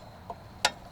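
A Tekton click-type torque wrench set to 18 ft-lb tightens the engine oil drain bolt on a Daihatsu Hijet S110P with the EF-ES EFI engine during an oil and filter change. A faint tick sounds at 0.3 s, then the wrench gives a sharp, bright click at 0.7 s. The bolt reaches its 18 ft-lb setting, and the torque is confirmed.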